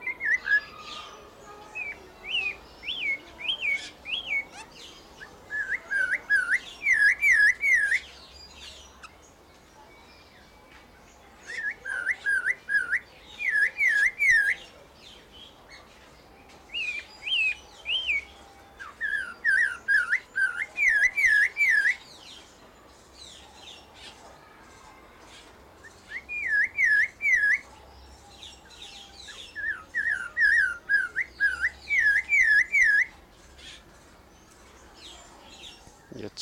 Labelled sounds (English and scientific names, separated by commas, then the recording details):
Snowy-crowned Robin-Chat (Cossypha niveicapilla)
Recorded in captivity
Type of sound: song, call, call sequence, twittering
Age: adult
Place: Zoo Berlin, Berlin, DE
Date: 1992-08-22 12:10
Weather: heiter, 17-20°C
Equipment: Marantz CP 430, Sennheiser ME 80, Kopie Tesla B 116
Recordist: Tembrock, Günter
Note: Gesang, Abstand ca. 1,5 m